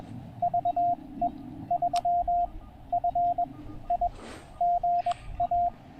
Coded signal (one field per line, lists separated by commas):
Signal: Morse code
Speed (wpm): 21 wpm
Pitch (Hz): 690 Hz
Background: radio noise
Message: VE3FI GA